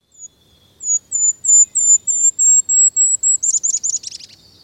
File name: Golden-crowned Kinglet